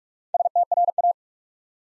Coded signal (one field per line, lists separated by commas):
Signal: Morse code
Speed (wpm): 44 wpm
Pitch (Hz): 700 Hz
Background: none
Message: STRA